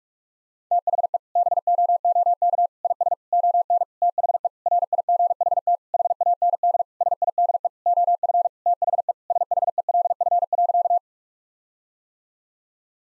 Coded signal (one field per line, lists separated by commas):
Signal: Morse code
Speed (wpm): 46 wpm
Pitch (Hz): 700 Hz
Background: none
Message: THE BOOK IS ON THE RIGHT HAND SIDE OF THE SHELF.